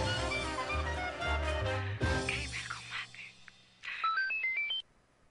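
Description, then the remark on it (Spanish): A cell phone rings with a loud, melodic electronic ringtone of bright repeating notes, ending in a quick run of rising high beeps before cutting off. No one speaks. “Por favor, apaguen sus celulares, muchas gracias. Yo no fui.”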